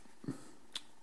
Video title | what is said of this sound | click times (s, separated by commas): 🇫🇷 PARTIE 1 : TEST RASOIRS PHILIPS : EST-CE QUE ÇA VAUT LE "COÛT" ? 🇫🇷 LEQUEL CHOISIR ? | mets en face, oui j'ai un petit peu galéré, et puis ça s'emboîte. | 0.8 s